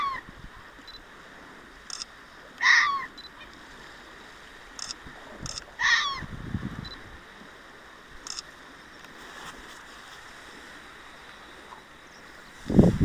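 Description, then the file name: Fox giving two short harsh yelps a few seconds apart, amid sharp scattered clicks and occasional low thumps. Recorded 6 June 2024. "キツネ 240606"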